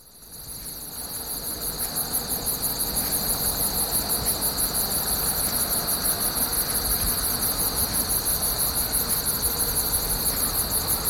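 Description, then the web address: Insect song fades in, then rapid high chirps pulse steadily throughout, with a constant thin high tone and low background rumble. "насекомые"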